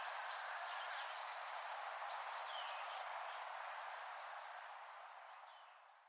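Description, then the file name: Common firecrest singing a high, sibilant series of quick notes that grows louder over about three seconds, after faint scattered chirps and a quiet background hiss. "Sommergoldhähnchen Gesang"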